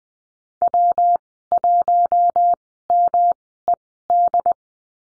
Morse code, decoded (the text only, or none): W1MED